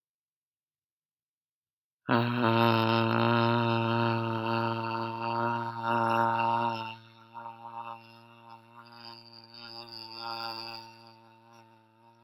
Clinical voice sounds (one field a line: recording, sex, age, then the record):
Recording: vowel held as long as possible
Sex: male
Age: 30 to 39 years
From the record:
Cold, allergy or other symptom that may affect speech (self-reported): no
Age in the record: 38 years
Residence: Michigan, United States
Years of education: 18